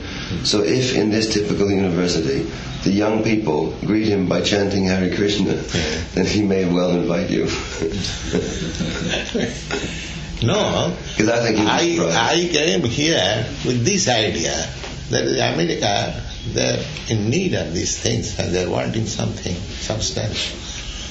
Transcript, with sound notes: So if in this typical university the young people greet him by chanting Hare Kṛṣṇa, then he may well invite you.
[laughs] No. I came here with this idea, that in America they are in need of these things, and they are wanting something substantial.